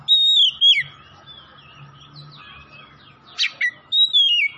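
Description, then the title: Oriental magpie-robin giving a descending whistle, soft faint warbling, a harsh burst, then a clear falling whistle. Oriental magpie-robin from Tretes, singing vigorously (gacor). "Kacer Tretes"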